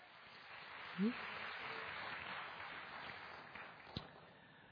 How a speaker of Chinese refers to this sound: 谢谢大家，再给自己一个鼓掌， Amen。